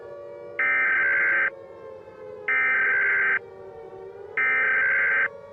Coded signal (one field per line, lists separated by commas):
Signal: Emergency Alert System (SAME) tones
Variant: header bursts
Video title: Among The Walking Dead - EAS Zombie Scenario